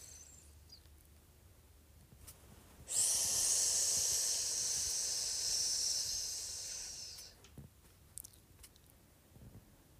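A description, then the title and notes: A long, bright "sssss" hiss starts abruptly near three seconds, holds steady and loud for about four seconds, then tapers off around seven seconds. Before and after, only a low, quiet rumble remains, with a few soft clicks and small taps toward the end. ASMR Sssss Sound.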